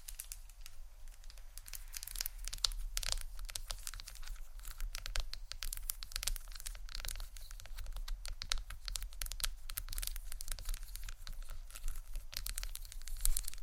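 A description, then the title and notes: Hair being brushed and combed, heard as dense, rapid scratchy bristle strokes that run without pause for the whole clip. The sound is bright and crackly, like fine tearing or crinkling, over a steady low hum, with slightly louder strokes near the end. ASMR Hair Brush & Comb Sounds （No Talking）.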